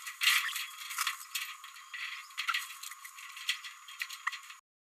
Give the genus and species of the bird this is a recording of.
Forpus passerinus